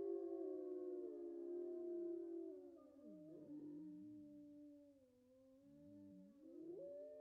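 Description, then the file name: Wolf: wolves howling together, several long sliding tones overlapping, some holding steady while others rise and fall in wavering chorus. Wolf pack howling at close range. "Digiffects Sound Effects Library - Close Wolf Pack Howls"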